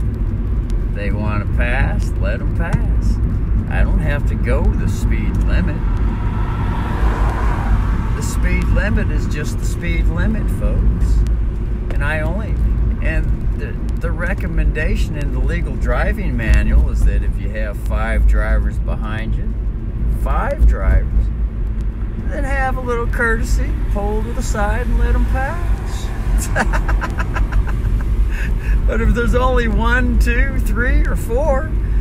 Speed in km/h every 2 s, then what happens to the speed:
37, 38, 38, 42, 40, 40, 42, 42, 42, 43, 44, 45, 45, 45, 45, 43.
0-32 speeds up to 43.